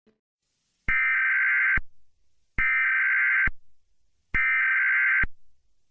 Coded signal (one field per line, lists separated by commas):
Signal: Emergency Alert System (SAME) tones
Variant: header bursts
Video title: EAS Scenario: Kidsco Shutdown